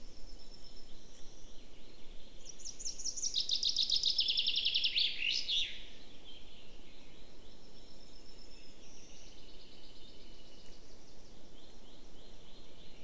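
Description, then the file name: Common chaffinch song: a bright trill that drops in pitch and ends in a quick flourish, with faint birdsong behind. "Fringilla coelebs"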